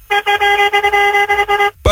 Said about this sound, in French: Salut, et faites péter le klaxon là pour voir là. Fais péter le klaxon.